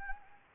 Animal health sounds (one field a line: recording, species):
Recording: mosquito wingbeat signal from an infrared sensor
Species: Anopheles gambiae